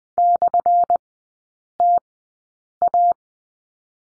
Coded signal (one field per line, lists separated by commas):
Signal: Morse code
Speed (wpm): 20 wpm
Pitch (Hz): 700 Hz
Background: none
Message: /TA